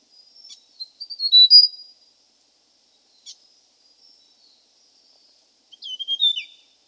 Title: prenjk gnung. Suara burung prenjak gunung